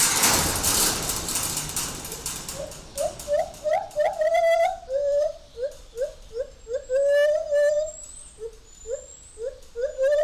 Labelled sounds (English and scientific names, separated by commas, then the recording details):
Lar Gibbon (Hylobates lar)
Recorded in captivity
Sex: male
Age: adult
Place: Zoo Berlin, Berlin, DE
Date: 1998-06-20 10:10
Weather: wolkig - heiter, 18°C
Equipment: Sony MD-WM MZ-R3, Sennheiser ME 80, Kopie Uher 4000 Report Monitor
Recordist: Tembrock, Günter